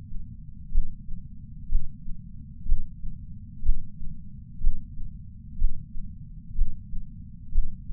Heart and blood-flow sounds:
heart sounds by patch sensor on the chest; 62 bpm
0.72 s: heartbeat
1.69 s: heartbeat
2.66 s: heartbeat
3.63 s: heartbeat
4.61 s: heartbeat
5.58 s: heartbeat
6.56 s: heartbeat
7.52 s: heartbeat
From the record:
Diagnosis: coronary artery disease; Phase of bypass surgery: intraoperative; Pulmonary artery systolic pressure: 26 mmHg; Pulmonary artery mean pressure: 20 mmHg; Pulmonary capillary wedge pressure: 11 mmHg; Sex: female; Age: 69 years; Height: 148 cm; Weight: 51 kg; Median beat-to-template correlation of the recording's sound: 0.86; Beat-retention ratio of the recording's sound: 0.99

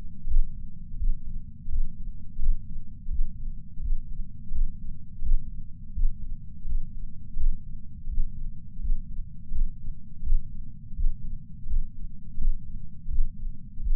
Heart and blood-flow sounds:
heart sounds by patch sensor on the chest; 84 bpm
0.27 s: heartbeat
0.97 s: heartbeat
1.68 s: heartbeat
2.39 s: heartbeat
3.09 s: heartbeat
3.80 s: heartbeat
4.51 s: heartbeat
5.22 s: heartbeat
5.93 s: heartbeat
6.65 s: heartbeat
7.36 s: heartbeat
8.07 s: heartbeat
8.79 s: heartbeat
9.51 s: heartbeat
10.22 s: heartbeat
10.94 s: heartbeat
11.66 s: heartbeat
12.37 s: heartbeat
13.08 s: heartbeat
13.80 s: heartbeat
From the record:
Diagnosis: coronary artery disease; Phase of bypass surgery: postoperative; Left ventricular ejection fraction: 60%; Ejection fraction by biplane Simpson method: 61.8%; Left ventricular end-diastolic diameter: 47 mm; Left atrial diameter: 40 mm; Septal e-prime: 4.5 cm/s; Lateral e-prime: 6.3 cm/s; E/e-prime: 20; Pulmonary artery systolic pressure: 28 mmHg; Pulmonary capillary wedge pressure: 14 mmHg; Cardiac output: 5.9 L/min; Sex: male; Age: 62 years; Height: 165 cm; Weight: 72 kg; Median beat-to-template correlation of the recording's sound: 0.87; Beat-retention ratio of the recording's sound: 1.00

